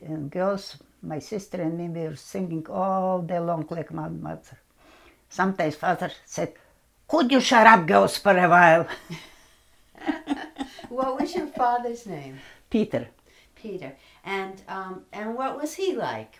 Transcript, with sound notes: And girls, my sister and me, were singing all day long like my mother. Some days father said, could you shut up girls, for a while! (They laugh)
What was your father's name?
Peter.
Peter. And what was he like?